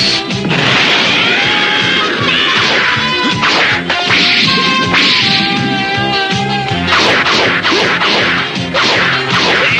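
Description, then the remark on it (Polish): Rapid whip-like swooshes and sharp thwacking hits of martial arts punches and quick dodges in a tournament semifinal fight, loud and dense with bright ringing tones layered over the busy, continuous action. “Świetnie sobie radzi. Doskonale unika ciosów Malaka.”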